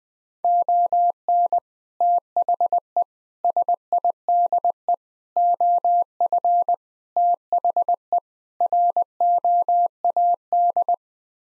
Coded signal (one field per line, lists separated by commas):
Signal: Morse code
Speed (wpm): 20 wpm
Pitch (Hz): 700 Hz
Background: none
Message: ON THE SIDE OF THE ROAD